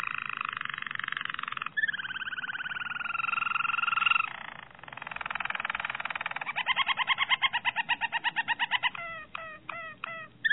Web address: ~joaopt canarios racas canto harzers